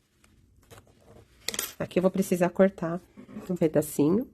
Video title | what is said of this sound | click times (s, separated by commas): Box personalizada - Passo a Passo | até ouvir o clique. | 1.5 s